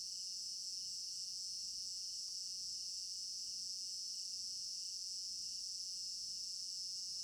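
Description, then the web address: Cricket chorus, a continuous shimmering high trill from many insects at an even level throughout, with occasional faint ticks. Recorded at night in an African village garden; stereo binaural recording. "African-Village Garden Night Crickets 03 Stereo-Binaural. immersive sound library"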